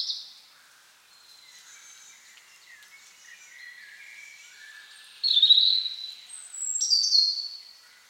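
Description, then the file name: European robin: a brief loud note, then faint thin notes, then a loud burst of piercing, high whistled song in the second half. "Erithacus rubecula"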